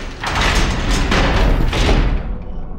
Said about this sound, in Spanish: los guardianes se marcharon, cerrando tras de sí la puerta de la cámara de gas con un golpe sádico, anormalmente más fuerte de lo que fuera necesario.